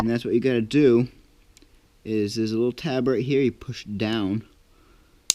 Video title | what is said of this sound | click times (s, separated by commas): Ruger LC9S Pro The BEST Single Stack 9mm. | and that exposes the takeown pin you'll hear that click | 5.3 s